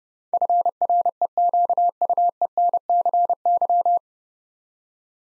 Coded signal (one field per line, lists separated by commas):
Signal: Morse code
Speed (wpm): 30 wpm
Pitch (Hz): 700 Hz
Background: none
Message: FREQUENCY